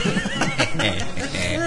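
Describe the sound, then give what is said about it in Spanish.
A donkey brays loudly, a harsh, raspy call with wavering pitch that swells and dips in rapid pulses for under two seconds, with no talking over it. “Sí, es el burro, güey.”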